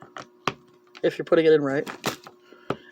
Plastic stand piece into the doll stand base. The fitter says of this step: It should snap right in